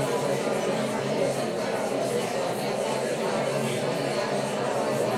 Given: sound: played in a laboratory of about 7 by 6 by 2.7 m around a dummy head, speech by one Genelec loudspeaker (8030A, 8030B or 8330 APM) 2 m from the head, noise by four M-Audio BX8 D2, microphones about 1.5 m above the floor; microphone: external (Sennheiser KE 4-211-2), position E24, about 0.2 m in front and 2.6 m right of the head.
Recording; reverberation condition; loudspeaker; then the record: babble noise; medium; four, about 170 cm from the corners of the room and facing them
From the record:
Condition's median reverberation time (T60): about 510 ms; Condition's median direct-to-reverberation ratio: about -0.5 dB